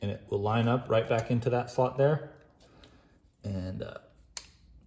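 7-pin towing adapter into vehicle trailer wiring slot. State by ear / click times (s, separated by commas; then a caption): seated / 4.4 s. Someone talks while a 7-pin towing adapter for a VW Atlas is lined up with its slot on the vehicle's trailer wiring mount. After a short pause, the adapter is pushed in and a sharp click at 4.4 s confirms it has seated in place.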